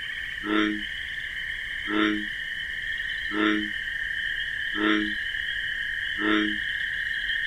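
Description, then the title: Bullfrog sounding five deep croaks at a regular rhythm, one every one and a half seconds, over a persistent shrill insect hum. Nocturnal wetland with marsh grasses; bullfrog's deep 'jug-o-rum' call amid a chorus of crickets. "Bullfrog Sound. The Wondrous Wetlands"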